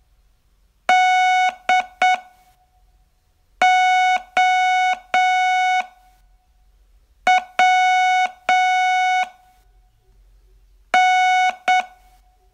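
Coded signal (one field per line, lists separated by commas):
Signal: Morse code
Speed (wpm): 8 wpm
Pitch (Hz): 740 Hz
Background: none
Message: DOWN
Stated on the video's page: Morse training lesson, day 16 of a 42-day course.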